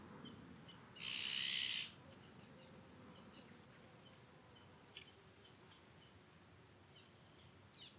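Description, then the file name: Eurasian jay giving a single harsh, rasping screech lasting under a second, followed by quiet background with faint high ticks. "Garrulus glandarius"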